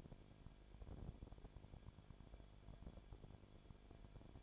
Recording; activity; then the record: daily activity, microphone in the room; no activity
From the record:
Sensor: 5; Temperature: 19.8 degrees Celsius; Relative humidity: 33.3%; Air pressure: 1001.4 hPa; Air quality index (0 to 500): 31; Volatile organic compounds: 1 ppm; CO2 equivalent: 524 ppm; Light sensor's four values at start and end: 2/3/1/1 and 2/3/1/1